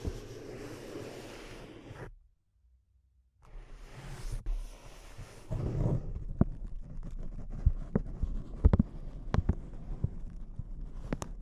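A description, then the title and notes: Crinkling sounds come in dense, rough bursts for the first two seconds, then stop for about a second of silence. The rustling resumes unevenly, turning into busier crackling after six seconds with many sharp, bright snaps scattered irregularly to the end. ASMR Intense Close-Up Crinkles (No Talking).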